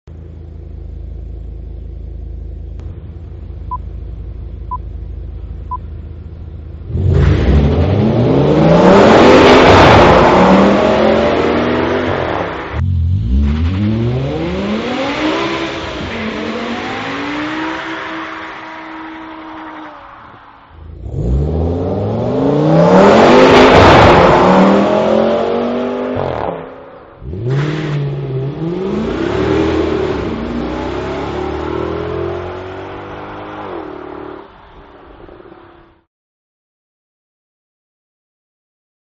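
A car engine idles low for about seven seconds, then revs hard in four rising acceleration bursts with brief drops between, ending near 36 seconds.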